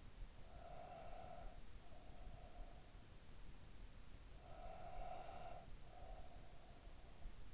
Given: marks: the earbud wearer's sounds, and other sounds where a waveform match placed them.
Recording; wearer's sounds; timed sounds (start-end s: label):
sounds in sleep by an in-ear microphone; breath
0.21-3.10 s: breath
4.10-7.54 s: breath